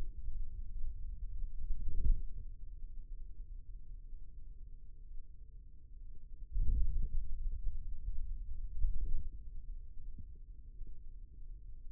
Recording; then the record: forearm muscle sounds (acoustic myography)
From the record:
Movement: hand closing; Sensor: system 2, bracelet of six BSWA MPA416 microphones around the upper forearm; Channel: 4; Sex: male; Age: 22 years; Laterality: right